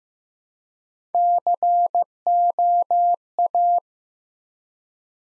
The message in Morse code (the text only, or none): COA